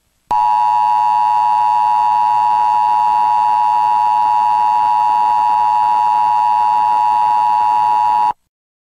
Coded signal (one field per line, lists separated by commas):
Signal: Emergency Alert System (SAME) tones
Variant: 853 and 960 Hz attention tone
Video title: EAS Mock #2: Some Strange and Scary 1 AM CEM